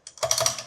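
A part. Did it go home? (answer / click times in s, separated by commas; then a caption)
yes / 0.3 s. A locking quick-release connector is pressed down by its red button and pushed into the camera support arm mount. A short burst of sliding, rattling mechanical clicks is heard, with the sharpest click at 0.3 s as it seats home and is confirmed secure.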